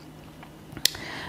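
A plastic toy dress, the red dress, is clipped onto the body of a Playmobil figure. After a few faint ticks, a sharp click sounds at 0.9 s and the dress is seated.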